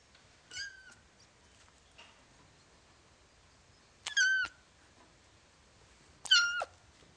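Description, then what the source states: Cat: kitten mewing, one meow early, then after a pause two louder, shrill meows near the end. Ten-week-old kitten, meowing.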